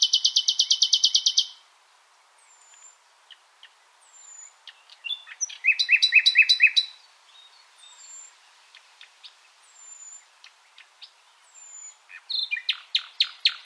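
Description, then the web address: Common nightingale song, an opening rapid trill, scattered soft notes and thin whistles, a rattling burst, then a further fast trill. "SETE Luscinia megarhynchos"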